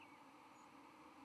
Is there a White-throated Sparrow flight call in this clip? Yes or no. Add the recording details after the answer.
yes. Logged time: 08:08 on 31 October 2014